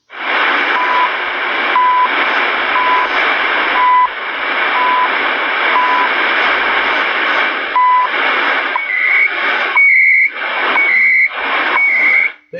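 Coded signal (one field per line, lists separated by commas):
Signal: radio time signal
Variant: CHU Canada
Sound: short 1 kHz ticks once per second, then brief warbling two-tone data bursts each second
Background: radio static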